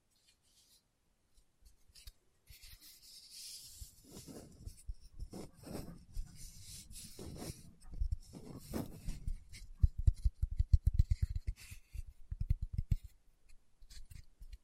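Fingertips tap and rub against a surface, starting faintly after two seconds and growing busier. Soft scratchy brushing fills the middle, then from about ten seconds quick, regular taps come in dense bursts with short gaps, ending near fourteen seconds.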